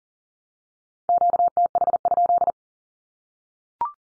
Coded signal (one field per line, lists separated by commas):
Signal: Morse code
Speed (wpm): 40 wpm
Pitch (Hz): 700 Hz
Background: none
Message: QTH?